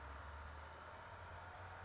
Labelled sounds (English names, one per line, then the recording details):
California Towhee
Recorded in Sonoma County, California